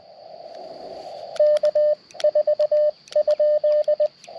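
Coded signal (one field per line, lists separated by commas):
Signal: Morse code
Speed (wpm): 19 wpm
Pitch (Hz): 590 Hz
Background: radio noise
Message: K4?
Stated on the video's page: QRP CW from a Parks on the Air activation on 30 meters with a nearly constant pileup, using a TX-500 or Elecraft KX2.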